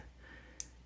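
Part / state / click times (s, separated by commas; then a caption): bracelet clasp end into its fold-over clasp / seated / 0.6 s. The bracelet clasp end of a Pagani Design PD1762 NH34 watch's stainless steel bracelet is snapped closed into its fold-over clasp. Over a quiet, steady low background, a single short, weak, soft click sounds at 0.6 s. The clasp seats with a snap that is present but not very satisfying, which is acceptable because a stronger snap would make the fold-over clasp hard to open.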